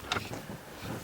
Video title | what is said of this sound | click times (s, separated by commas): 2016-2021 Lexus LX570 Upgrade Kit - CarPlay & Android Auto Installation Guide | push it in until you hear it click | 0.1 s